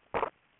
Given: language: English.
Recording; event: throat vibration sensor signal played as sound; swallow